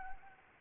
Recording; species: mosquito wingbeat signal from an infrared sensor; Anopheles gambiae